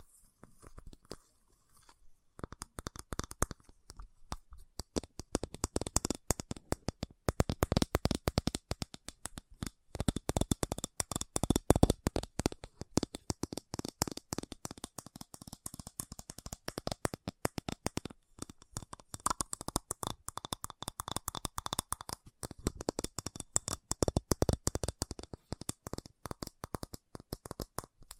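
Fast tapping fills the clip with dense, rapid clicks, sharp and crisp, running almost nonstop after a sparse first two seconds. The rhythm is quick and slightly uneven, with bursts of louder taps around the middle, something like shuffling cards.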